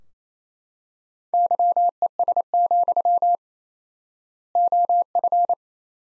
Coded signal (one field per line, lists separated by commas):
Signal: Morse code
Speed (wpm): 28 wpm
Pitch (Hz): 700 Hz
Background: none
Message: YES, OF